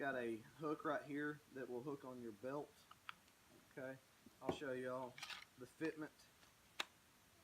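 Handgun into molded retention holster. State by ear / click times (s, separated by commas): seated / 6.8 s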